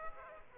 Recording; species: mosquito wingbeat signal from an infrared sensor; Aedes aegypti